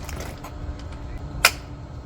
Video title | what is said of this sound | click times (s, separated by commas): Electric Bike - Jasion EB7 2.0 Electric Bike - Battery Removal 101 | So it is locked into place. | 1.5 s